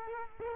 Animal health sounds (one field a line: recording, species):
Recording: mosquito wingbeat signal from an infrared sensor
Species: Culex quinquefasciatus